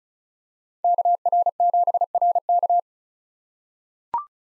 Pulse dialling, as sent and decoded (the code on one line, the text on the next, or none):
none